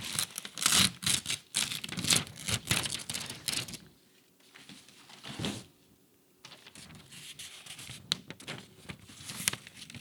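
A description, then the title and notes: Paper being crumpled and crushed, with dense crackling bursts packed tightly through the first four seconds. A short quieter crinkle comes near the middle, then a faint low hum, and sparser, lighter crackles with occasional sharp snaps resume for the last few seconds. ASMR Crumbling Paper.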